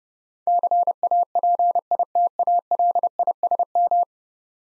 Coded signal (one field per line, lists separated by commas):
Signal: Morse code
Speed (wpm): 30 wpm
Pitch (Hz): 700 Hz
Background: none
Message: CAPITALISM